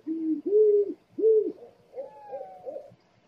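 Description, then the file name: Scops owl hooting: three loud, low, arched hoots in quick succession, followed by softer, wavering, slightly higher notes that fade out. Calling at night; described as eerie. "tieng cu meo keu kinh di trong dem"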